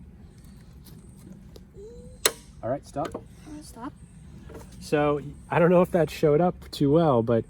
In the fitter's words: he turned it a good maybe quarter turn before it clicked.